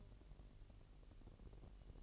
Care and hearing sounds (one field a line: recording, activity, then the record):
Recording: daily activity, microphone in the room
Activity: take from stove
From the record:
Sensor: 4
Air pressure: 1002.8 hPa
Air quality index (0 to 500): 236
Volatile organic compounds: 10 ppm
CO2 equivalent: 2215 ppm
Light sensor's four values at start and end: 7/15/6/6 and 7/15/6/6